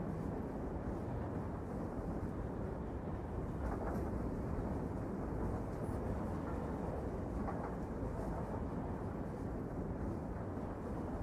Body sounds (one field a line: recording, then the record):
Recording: background sound without coughing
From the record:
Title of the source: Train Ride Ambience ambient white noise for sleeping, focus, studying, reading